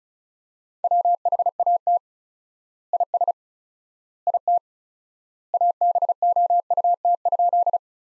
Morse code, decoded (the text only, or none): WHAT IS IT ABOUT?